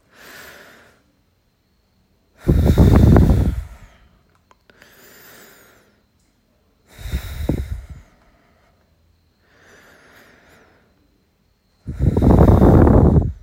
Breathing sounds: deep breathing after running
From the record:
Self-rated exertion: light exertion (2 of 6); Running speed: 7 miles an hour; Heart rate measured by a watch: 113 beats a minute at the start, 107 at the end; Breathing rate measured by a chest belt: 10 breaths a minute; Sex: male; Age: 23 years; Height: 172 cm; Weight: 64 kg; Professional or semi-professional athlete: yes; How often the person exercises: 3 to 5 times a week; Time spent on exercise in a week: 2 to 3 hours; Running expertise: no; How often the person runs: 1 to 2 times a week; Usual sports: running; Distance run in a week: 15 km

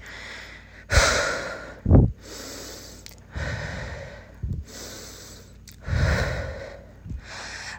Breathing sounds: deep breathing after running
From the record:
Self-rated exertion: moderate exertion (3 of 6); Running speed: 5 miles an hour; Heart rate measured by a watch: 145 beats a minute at the start, 141 at the end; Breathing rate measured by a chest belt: 17 breaths a minute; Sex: female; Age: 18 years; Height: 171 cm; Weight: 75 kg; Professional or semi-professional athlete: no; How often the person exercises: 1 to 2 times a week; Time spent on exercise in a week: under 1 hour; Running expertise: no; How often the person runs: 1 to 2 times a week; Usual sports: running, fencing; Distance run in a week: 3 km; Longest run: 21.3 km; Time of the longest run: 190 minutes

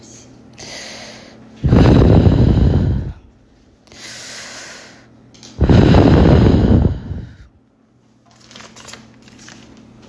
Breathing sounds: deep breathing after running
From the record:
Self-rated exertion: moderate exertion (3 of 6); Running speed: 7 miles an hour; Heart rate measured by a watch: 114 beats a minute at the start, 112 at the end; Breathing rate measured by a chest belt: 10 breaths a minute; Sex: female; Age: 23 years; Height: 163 cm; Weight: 70 kg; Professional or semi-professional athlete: no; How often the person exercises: 1 to 2 times a week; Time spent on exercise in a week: 1 to 2 hours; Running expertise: no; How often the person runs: 1 to 2 times a week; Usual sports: running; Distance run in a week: 7 km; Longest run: 7 km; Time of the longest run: 50 minutes

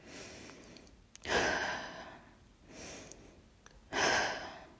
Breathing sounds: deep breathing after running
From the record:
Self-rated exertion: light exertion (2 of 6); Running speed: 7 miles an hour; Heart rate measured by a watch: 108 beats a minute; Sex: female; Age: 28 years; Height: 155 cm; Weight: 44 kg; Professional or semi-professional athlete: no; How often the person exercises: 3 to 5 times a week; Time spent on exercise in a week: over 5 hours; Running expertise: yes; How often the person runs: 3 to 5 times a week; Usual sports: running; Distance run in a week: 45 km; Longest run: 32 km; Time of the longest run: 200 minutes

